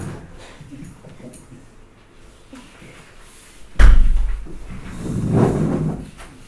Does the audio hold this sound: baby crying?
no